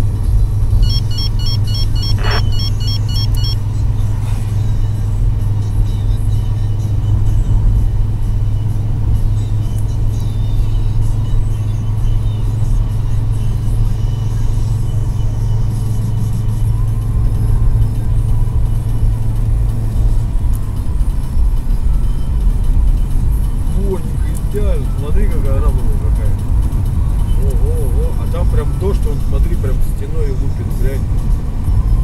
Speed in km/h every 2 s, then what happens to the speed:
78, 78, 79, 80, 80, 81, 83, 82, 83, 84, 84, 83, 84, 86, 88, 92.
0-23 steady at about 81. 23-32 speeds up to 92.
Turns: none.